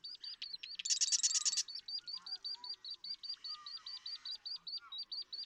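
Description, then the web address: Marsh Wren song: a loud, dry buzzing rattle, with a long series of thin hooked notes repeated rapidly behind it and faint low whistles. "birdsongforthecurious Marsh Wren"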